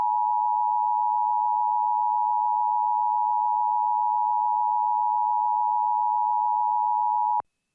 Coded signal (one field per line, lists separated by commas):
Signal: Emergency Alert System (SAME) tones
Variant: 853 and 960 Hz attention tone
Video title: What if NWS Relayed an EAN on Nov 9, 2011? | EAS What if #3